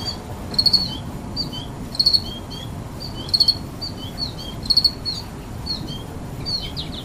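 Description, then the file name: Cricket chirps: bright, high triple pulses repeated about every 1.3 seconds, with softer calls between them. "Crickets And Goldfinches"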